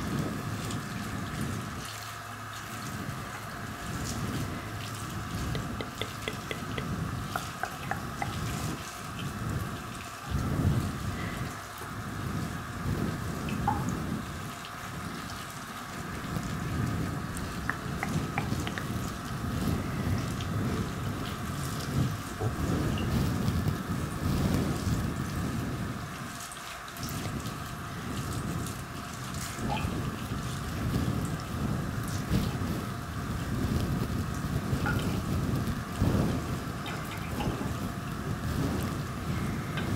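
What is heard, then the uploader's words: Layered haircut-and-wash sounds: a dense, steady rush like running water, with a constant mid-pitched hum beneath. Deep rumbling surges swell and fade throughout, easing briefly near 10 and 26 seconds, while faint crisp ticks and snips flicker above. ASMR Sleepyhead Spa (unisex) Haircut & Wash layered sounds, personal attention role play.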